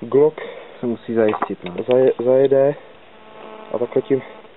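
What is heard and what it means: A fixed-blade knife is being handled at its hard plastic sheath, which has a small hook (beak) latch meant to catch the guard and lock the knife in. Someone talks throughout, with a quieter stretch of faint background noise near the end. Nothing has seated or clicked yet; the knife is not yet home in the sheath.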